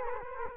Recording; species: mosquito wingbeat signal from an infrared sensor; Culex quinquefasciatus